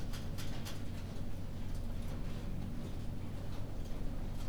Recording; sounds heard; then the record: poultry house recording; no chicken sound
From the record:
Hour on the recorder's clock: 23